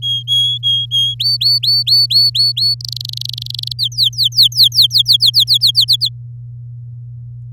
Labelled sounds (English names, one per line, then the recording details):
Domestic Canary song
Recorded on 11 May 2018 at 06:16
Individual llb16